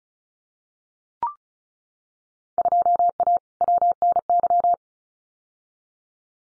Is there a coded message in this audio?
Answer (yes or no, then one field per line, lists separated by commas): yes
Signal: Morse code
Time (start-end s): 2.6-4.7 s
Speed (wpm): 36 wpm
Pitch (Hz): 700 Hz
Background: none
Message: 2A WNY